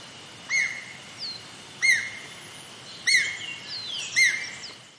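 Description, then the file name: Japanese green woodpecker calls: clear, downslurred whistled notes repeated roughly every 1.3 seconds, with fainter high chirps from other birds between them over a steady background hiss. "aogera"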